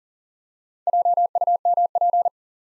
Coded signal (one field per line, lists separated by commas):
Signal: Morse code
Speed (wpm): 39 wpm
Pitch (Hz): 700 Hz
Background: none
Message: JUMP